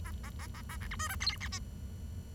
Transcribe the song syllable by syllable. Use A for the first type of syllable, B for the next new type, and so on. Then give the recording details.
A A A A B C D E F G H I. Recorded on 23 June 2012 at 10:37. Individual gr41rd51